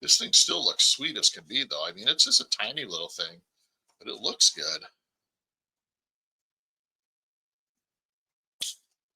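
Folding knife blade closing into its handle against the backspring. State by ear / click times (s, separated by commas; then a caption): seated / 8.6 s. Someone talks for the first five seconds, then, after a stretch of silence, the blade of a small slip-joint toothpick-pattern pocketknife with bone handles is closed into its handle after cleaning. At 8.6 s the backspring drives the blade home with a single sharp snap, and the blade is seated shut.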